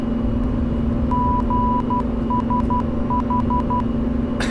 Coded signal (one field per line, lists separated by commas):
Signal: Morse code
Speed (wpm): 12 wpm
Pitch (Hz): 990 Hz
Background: none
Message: GSH